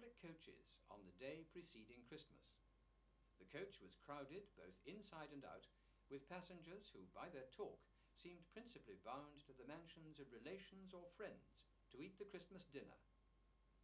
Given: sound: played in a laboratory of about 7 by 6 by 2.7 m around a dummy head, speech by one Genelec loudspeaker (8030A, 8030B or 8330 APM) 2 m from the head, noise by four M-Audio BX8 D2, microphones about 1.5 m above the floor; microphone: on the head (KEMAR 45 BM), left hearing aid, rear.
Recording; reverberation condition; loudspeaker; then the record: male speech in English; low; 120 degrees to the left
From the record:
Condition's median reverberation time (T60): about 310 ms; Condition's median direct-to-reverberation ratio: about 3.5 dB